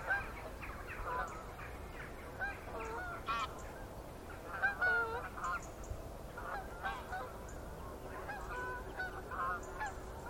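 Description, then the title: Goose: geese calling in a flock, faint overlapping honks scattered throughout, under broad noise. Geese in gaggles in fields by the River Thame, England, UK, morning of 23 September 2023, excited by floodwater across the meadows. "Gaggles of geese, River Thame, England, UK on 23rd September 2023 – by Paul Ridout"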